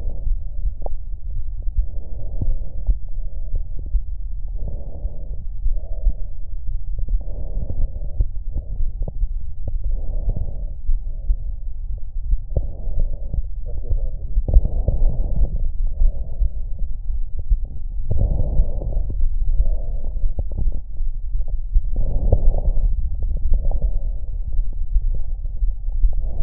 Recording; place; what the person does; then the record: lung sounds by stethoscope; right anterior apical chest; quiet breathing, then deep breathing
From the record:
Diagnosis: COPD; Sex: female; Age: 68 years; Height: 150 cm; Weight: 70 kg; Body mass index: 31.1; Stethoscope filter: extended mode